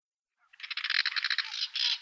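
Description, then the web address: Woodchat shrike rasping call: one buzzy, grating burst of quick pulses lasting about a second and a half. "Woodchat Shrike call"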